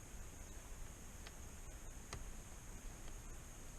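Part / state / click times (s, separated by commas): wire terminal into harness connector housing / not seated / none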